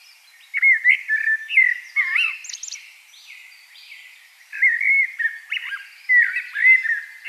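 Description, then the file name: Common blackbird song in two runs of rich, fluty whistles mixed with brief high squeaks and slurred notes. "Turdus merula"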